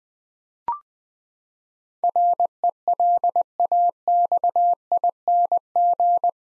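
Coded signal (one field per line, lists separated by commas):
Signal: Morse code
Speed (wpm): 20 wpm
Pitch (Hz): 700 Hz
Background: none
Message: RELAXING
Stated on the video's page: Morse head-copy drill of eight-letter words at 20 wpm, each word sent twice.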